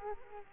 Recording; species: mosquito wingbeat signal from an infrared sensor; Culex quinquefasciatus